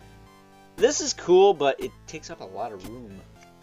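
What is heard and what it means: The extending gun track on the plastic backpack of a Mattel Creations Exclusive Masters of the Universe Origins Rio Blast action figure is handled. It is meant to snap into position and fold over the figure's head. Someone talks over soft background music, and nothing has seated or clicked into place yet.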